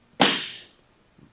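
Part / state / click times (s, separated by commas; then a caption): folding walker seat into its frame lock / seated / 0.2 s. After a U-Step Neuro Walker is unfolded, its seat is pushed down into the folding walker's frame lock. A sharp, bright click sounds at 0.2 s and rings out for about half a second, followed by a faint low knock near 1.2 s. The seat's locking mechanism engages and the seat is locked in place.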